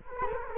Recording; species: mosquito wingbeat signal from an infrared sensor; Culex quinquefasciatus